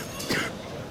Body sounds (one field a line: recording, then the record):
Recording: coughing mixed with background sound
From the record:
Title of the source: 30 Chesty and wet cough